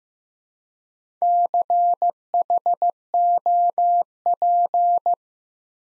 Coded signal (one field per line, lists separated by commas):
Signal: Morse code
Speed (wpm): 15 wpm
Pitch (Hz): 700 Hz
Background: none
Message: CHOP